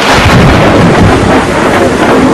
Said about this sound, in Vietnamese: Một tiếng sấm khủng khiếp và gió bao trùm lấy họ. Phía trước họ, cách khoảng 8 mét, là một đường ống khổng lồ. Thoát ra tiếng gầm thét, gió rít, hút vào trong tất cả mọi thứ ở gần cái miệng háo ăn đang mở của nó.